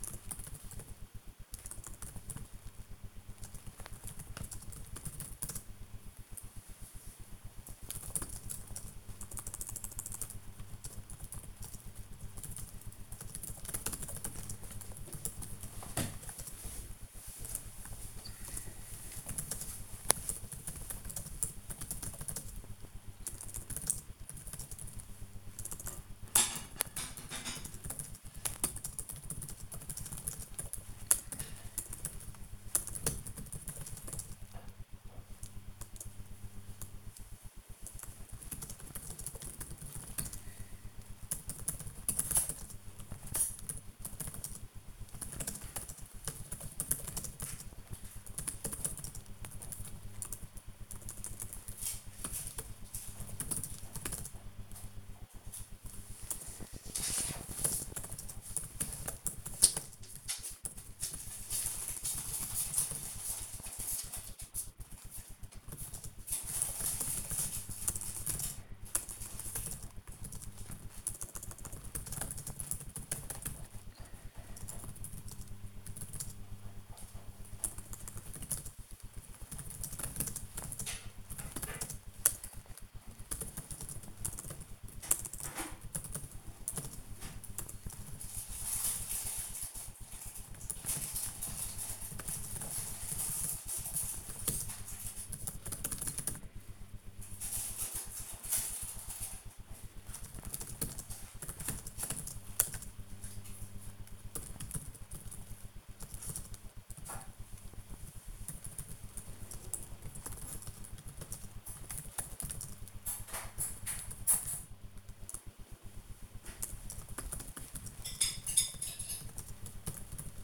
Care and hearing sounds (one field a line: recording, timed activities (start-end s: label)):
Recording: household activities, microphone on the right wrist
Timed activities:
0.00-10.26 s: working on the computer
14.26-120.44 s: working on the computer